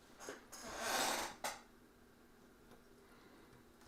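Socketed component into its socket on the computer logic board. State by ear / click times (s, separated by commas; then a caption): not seated / none. A socketed component is handled over its socket on a repaired computer logic board, with breathy, hissing bursts of noise in the first second and a short sharp burst near 1.4 s before the sound drops to quiet background. Nothing has seated or clicked yet; the part is not yet home.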